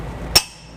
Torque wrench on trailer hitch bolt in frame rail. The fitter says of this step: you hear that click and